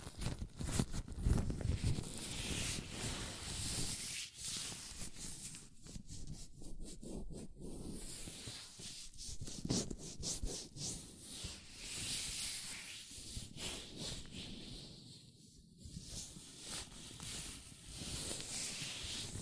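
Hands in latex gloves rub and squeak against each other in a continuous, scratchy texture of friction. The sound is dense and restless, with bright hissy stretches and brief gaps or sharper snaps around 6–8 and 15–16 seconds, plus soft low bumps underneath.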